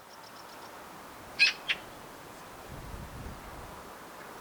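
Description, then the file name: Eurasian magpie giving a pair of brief, scratchy notes, then a low rumbling sound near the end. "Pica pica"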